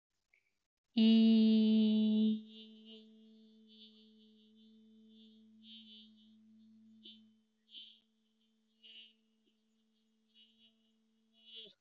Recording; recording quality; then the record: sustained vowel as in beet; excellent, no background noise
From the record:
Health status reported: healthy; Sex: female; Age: 33 years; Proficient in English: yes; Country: India